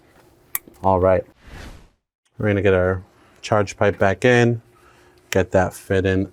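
A wiring connector is pushed onto the auxiliary coolant pump of a BMW 330i (2019–present G20; also G22 430i, G42 230i) during a radiator replacement. It seats with a single sharp click at 0.6 s, and someone talks.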